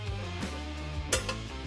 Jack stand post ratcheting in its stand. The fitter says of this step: then let's add two more clicks.